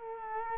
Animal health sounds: mosquito wingbeat signal from an infrared sensor; Culex quinquefasciatus

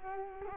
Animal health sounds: mosquito wingbeat signal from an infrared sensor; Culex quinquefasciatus

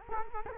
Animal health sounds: mosquito wingbeat signal from an infrared sensor; Culex quinquefasciatus

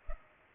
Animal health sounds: mosquito wingbeat signal from an infrared sensor; Culex pipiens

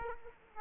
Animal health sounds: mosquito wingbeat signal from an infrared sensor; Aedes aegypti

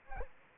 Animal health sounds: mosquito wingbeat signal from an infrared sensor; Anopheles arabiensis

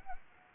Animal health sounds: mosquito wingbeat signal from an infrared sensor; Anopheles gambiae

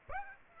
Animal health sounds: mosquito wingbeat signal from an infrared sensor; Aedes aegypti

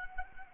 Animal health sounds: mosquito wingbeat signal from an infrared sensor; Anopheles arabiensis

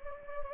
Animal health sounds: mosquito wingbeat signal from an infrared sensor; Anopheles gambiae

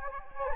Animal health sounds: mosquito wingbeat signal from an infrared sensor; Anopheles gambiae

